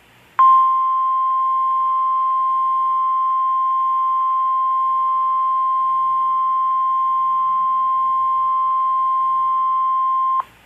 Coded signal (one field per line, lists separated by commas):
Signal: Emergency Alert System (SAME) tones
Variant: 1050 Hz attention tone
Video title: EAS #52-54: Required Weekly Test